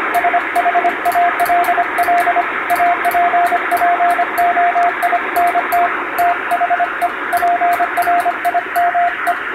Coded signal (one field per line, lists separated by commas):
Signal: Morse code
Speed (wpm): 25 wpm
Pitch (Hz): 700 Hz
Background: radio noise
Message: SHALL APPOINT THE PRIME